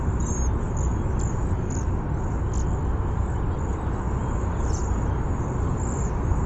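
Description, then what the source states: Cedar waxwing calls: thin, very high hissing notes repeated steadily throughout over a loud, constant low rumble of background noise. Call type given as bzee-seee.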